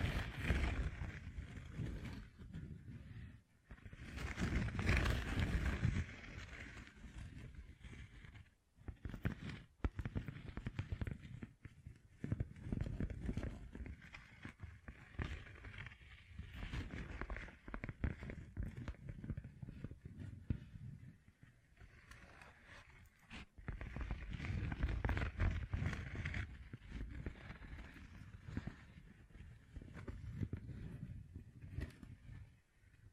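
Fingertips covered in gems tap and scratch in dense, uneven bursts, with a gritty rasp running through most of the clip. Brief near-silent gaps fall around 4, 9, and 23 seconds. Louder stretches come near 5 and 25 seconds.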